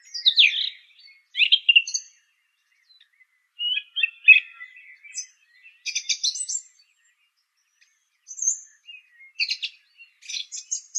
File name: suara kicauan burung song thrush. omkicau